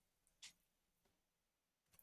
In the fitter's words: clicks into place.